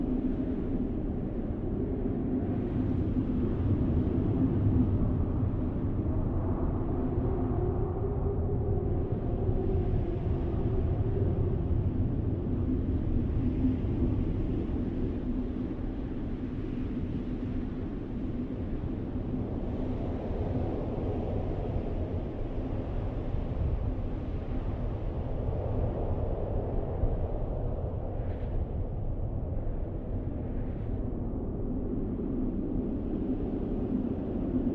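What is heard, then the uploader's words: A blizzard roars across an open field, a thick, low rumble of wind that never lets up for the whole recording. The loudness holds nearly level, with slow swells and dips in the deeper tones and a few faint higher gusts past the midpoint. Blizzard in a field.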